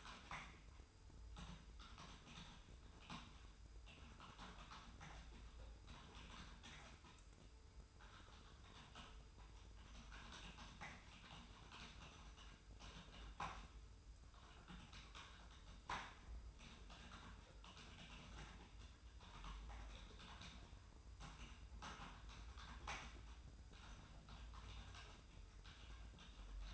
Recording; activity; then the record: daily activity, microphone in the room; typing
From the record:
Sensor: 2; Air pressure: 990.8 hPa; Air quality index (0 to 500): 144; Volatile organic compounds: 297 ppm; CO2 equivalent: 4474 ppm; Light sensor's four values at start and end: 27/69/27/28 and 28/69/27/29